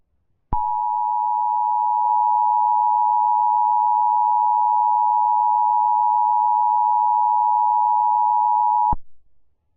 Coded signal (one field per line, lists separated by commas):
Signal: Emergency Alert System (SAME) tones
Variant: 853 and 960 Hz attention tone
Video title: EAS Scenario Story #3: PAW Patrol: Zuma's Fear Part 2